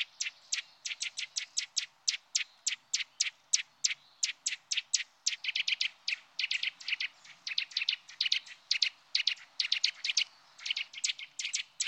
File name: Sittelle torchepot